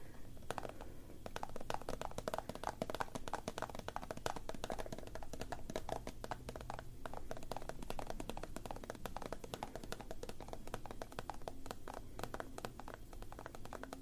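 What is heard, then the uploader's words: Layered hair care and skincare pampering sounds, made of quick, dense tapping and handling noises that run steadily for the whole clip. A low, even hum sits underneath, and the level barely changes from start to finish. ASMR Bestie from School Does Your Hair Care and Skincare Pampering (layered sounds). Hair care and skincare pampering with layered sounds.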